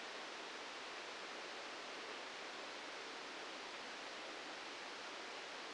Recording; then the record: brain microelectrode recording played as sound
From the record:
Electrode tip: outside the subthalamic nucleus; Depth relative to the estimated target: 3 mm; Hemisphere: left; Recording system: NeuroSet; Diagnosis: Parkinson's disease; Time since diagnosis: 13 years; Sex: male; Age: 65 years